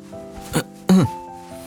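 A man gives a short cough: a quick soft puff of breath, then a louder, throaty burst with a voiced edge, over a faint steady background hum.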